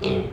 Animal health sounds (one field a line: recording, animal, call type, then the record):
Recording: contact call of a hoofed animal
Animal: pig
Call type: closed-mouth grunt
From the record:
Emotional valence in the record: negative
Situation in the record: short social isolation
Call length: 0.33 s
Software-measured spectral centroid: 1750 Hz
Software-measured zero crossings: 1250 a second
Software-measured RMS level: -24 dBFS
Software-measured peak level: -11 dBFS